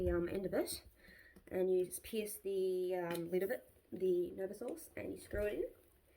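Someone talks while a feeding pump set spike is used to pierce the lid of a Nova Source liquid nutrition container and is then screwed into it. Speech fills most of the clip, with only faint handling sounds around it. The spike has not seated and nothing has clicked yet by the end.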